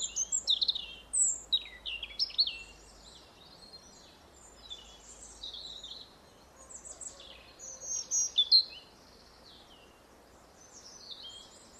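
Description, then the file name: European robin song: quick sequences of high, sliding, tinkling notes, a short quieter stretch, then more sparkling phrases over light background hiss. "Erithacus rubecula"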